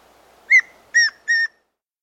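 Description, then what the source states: Tawny antpitta call: three clear whistled notes near the same pitch, the first short and the last two longer and level, given in quick succession. South America.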